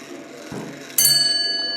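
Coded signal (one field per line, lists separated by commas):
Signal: ship's bell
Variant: ship's bell clock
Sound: a soft thud, then one clear ringing bell strike that sustains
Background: room noise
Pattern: 1 strike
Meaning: One bell marks the first half hour of a watch, restarting the sequence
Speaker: now I will start the sequence all over them one bail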